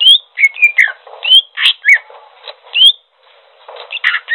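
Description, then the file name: Greater green leafbird singing clear rising and falling whistles mixed with buzzier notes, broken by a brief silence before more chattering phrases. Song described as gacor. "audio cucak hijau gacor"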